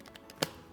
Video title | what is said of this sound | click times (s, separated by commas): Présentation du Collecteur compact REHAU | vas entendre le clip | 0.4 s